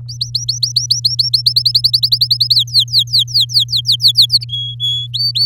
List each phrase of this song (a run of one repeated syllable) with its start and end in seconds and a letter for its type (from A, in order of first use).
0.08-1.42 A, 1.46-2.55 B, 2.55-4.45 C, 4.49-5.07 D, 5.13-5.45 E